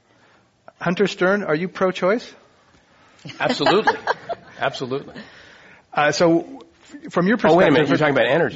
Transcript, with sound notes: Hunter Stern, are you pro-choice?
Absolutely.
[Laughter]
Absolutely.
So from your —
Oh, wait a minute. You're talking about energy?